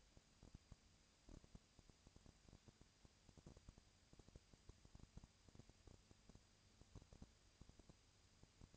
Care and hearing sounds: daily activity, microphone in the room; no activity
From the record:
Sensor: 2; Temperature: 20.3 degrees Celsius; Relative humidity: 37.0%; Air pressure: 998.7 hPa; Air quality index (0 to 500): 236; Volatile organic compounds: 38 ppm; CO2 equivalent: 3114 ppm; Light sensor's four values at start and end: 2/3/2/2 and 2/3/2/2

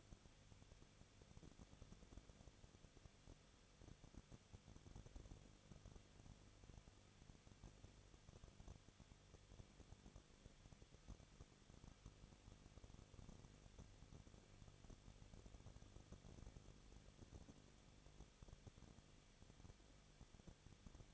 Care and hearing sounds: daily activity, microphone in the room; no activity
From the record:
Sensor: 4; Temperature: 23.1 degrees Celsius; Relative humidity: 34.1%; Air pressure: 1007.2 hPa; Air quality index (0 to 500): 216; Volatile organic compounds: 15 ppm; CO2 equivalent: 2494 ppm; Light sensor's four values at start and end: 2/3/1/1 and 2/3/1/1

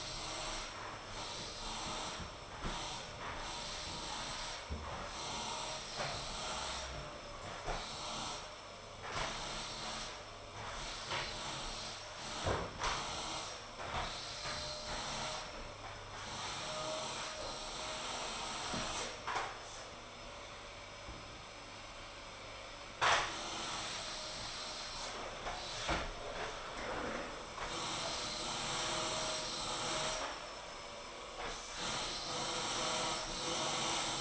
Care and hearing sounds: daily activity, microphone in the room; vacuum cleaning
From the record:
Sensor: 5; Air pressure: 995.4 hPa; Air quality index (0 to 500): 81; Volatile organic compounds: 3 ppm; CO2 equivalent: 1495 ppm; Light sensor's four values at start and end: 35/85/34/35 and 31/75/30/30

